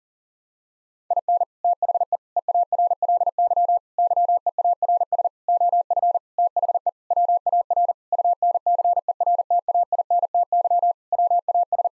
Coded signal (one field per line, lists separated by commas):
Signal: Morse code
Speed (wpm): 40 wpm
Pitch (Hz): 700 Hz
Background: none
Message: IN THE EARLY YEARS OF THE WAR UNCERTAINTY WAS